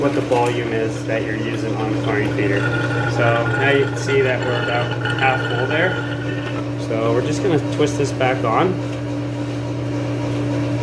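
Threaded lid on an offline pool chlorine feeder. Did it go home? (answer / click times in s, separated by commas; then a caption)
no / none. Someone talks while the plastic threaded lid is placed back on a half-full offline Hayward pool chlorine feeder for chlorine tablets and twisted on, with light handling scrapes over a steady low hum. The side tab has not yet been turned to lock, and nothing has seated or clicked yet.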